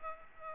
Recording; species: mosquito wingbeat signal from an infrared sensor; Aedes aegypti